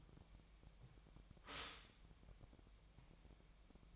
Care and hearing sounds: daily activity, microphone in the room; stop toaster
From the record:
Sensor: 1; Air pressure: 1002.0 hPa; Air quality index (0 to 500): 238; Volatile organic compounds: 43 ppm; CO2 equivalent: 3200 ppm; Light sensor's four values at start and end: 10/35/13/15 and 10/35/13/15

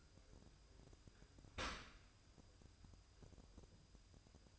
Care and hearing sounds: daily activity, microphone in the room; open dishwasher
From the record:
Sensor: 2

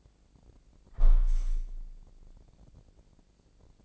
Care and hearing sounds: daily activity, microphone in the room; close window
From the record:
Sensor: 5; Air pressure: 1012.4 hPa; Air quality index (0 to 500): 160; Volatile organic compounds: 2 ppm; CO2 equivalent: 1086 ppm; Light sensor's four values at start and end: 66/159/65/68 and 66/159/65/68

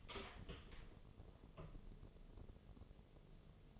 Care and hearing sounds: daily activity, microphone in the room; open door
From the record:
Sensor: 4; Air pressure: 1016.0 hPa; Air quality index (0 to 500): 201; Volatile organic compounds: 11 ppm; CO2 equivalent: 2292 ppm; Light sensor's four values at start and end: 9/20/8/7 and 9/20/8/7

